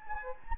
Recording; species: mosquito wingbeat signal from an infrared sensor; Anopheles gambiae